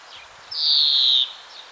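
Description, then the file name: European greenfinch producing a single drawn-out, nasal, buzzy wheeze that drifts slightly downward and lasts under a second. "Chloris chloris"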